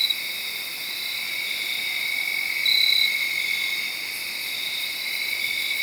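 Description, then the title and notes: Crickets trilling continuously in layered high bands, one louder burst rising briefly above the steady chorus midway. Made around midnight, late Saturday night into Sunday morning, under a tree in Sharon, Pennsylvania. "Crickets (field recording). late on Saturday night/Sunday morning. The location was in Sharon, Pennsylvania, under a tree"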